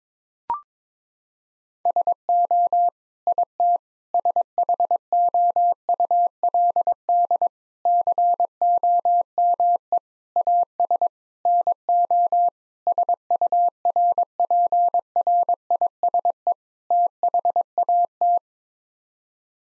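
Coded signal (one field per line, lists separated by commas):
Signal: Morse code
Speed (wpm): 22 wpm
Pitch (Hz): 700 Hz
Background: none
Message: SO IT SHOULD COME AS NO SURPRISE THAT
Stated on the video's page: Morse practice: sets of 8 common English words at 22 wpm for head-copy, each word group sent in Morse twice.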